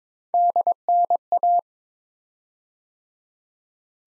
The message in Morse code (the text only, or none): DNA